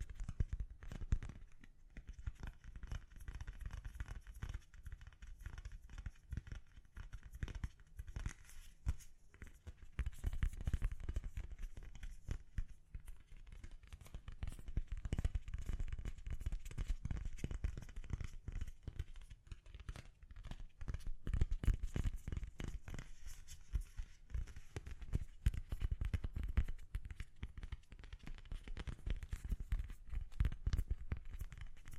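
Gentle tapping goes on throughout, a dense run of soft, quick, uneven taps. The tone is mostly low and muted with faint crisp ticks, and it grows a little busier around the middle and again near the end.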